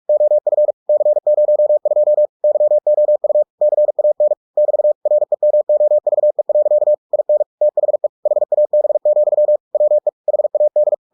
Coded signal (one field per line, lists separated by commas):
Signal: Morse code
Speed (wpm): 46 wpm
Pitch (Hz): 600 Hz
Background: none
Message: OF C02 YOU CAN <BT> REMOVE. IN THE HAB, WE HAD